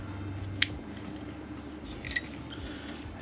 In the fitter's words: It clicked in.